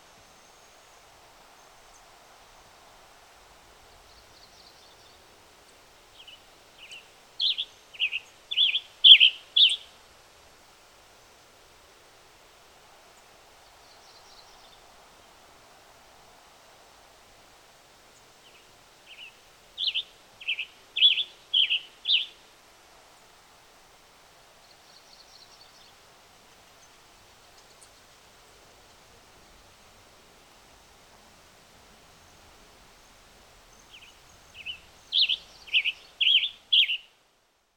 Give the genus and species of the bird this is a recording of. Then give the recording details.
Piranga ludoviciana. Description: Western Tanager song recorded on the Bridal Veil Falls Trail in Rocky Mountain National Park. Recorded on 22 June 2015